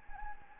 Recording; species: mosquito wingbeat signal from an infrared sensor; Anopheles gambiae